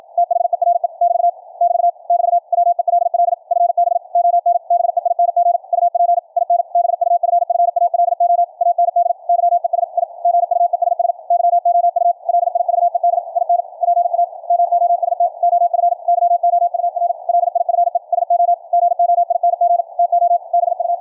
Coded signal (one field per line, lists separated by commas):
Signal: Morse code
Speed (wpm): 56 wpm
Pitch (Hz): 700 Hz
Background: radio noise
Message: THERE <BT> <BT> <BT> WELL FB ON BEING UP IN BUFFALO AND YES I GUESS YOU LIVED IN PA MOST OF YOUR LIFE SO GOING TO BU